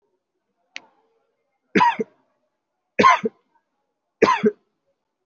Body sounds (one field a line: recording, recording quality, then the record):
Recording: heavy voluntary cough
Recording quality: excellent, no background noise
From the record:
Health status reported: COVID-19 positive, moderate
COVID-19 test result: positive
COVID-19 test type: RT-PCR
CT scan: not taken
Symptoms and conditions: fever, muscle pain, loss of smell and taste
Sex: male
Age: 28 years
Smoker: no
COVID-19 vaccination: both doses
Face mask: worn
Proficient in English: yes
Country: India